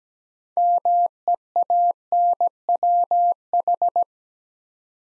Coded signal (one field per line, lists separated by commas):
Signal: Morse code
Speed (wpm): 17 wpm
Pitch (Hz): 700 Hz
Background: none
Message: MEANWH